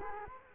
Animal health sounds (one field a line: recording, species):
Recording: mosquito wingbeat signal from an infrared sensor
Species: Culex quinquefasciatus